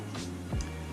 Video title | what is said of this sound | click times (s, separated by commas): Installing Red Push Start Stop Button & Wrapping Bezel in Carbon Fibre BMW E88 E87 E82 E81 3 Series | it's now all clicked into place now we have a red start button and | 0.6 s